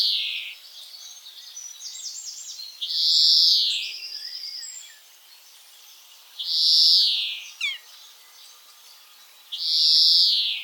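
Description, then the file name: European greenfinch giving long, buzzy, nasal wheezes, with quick thin twittering notes between them. "Chloris chloris"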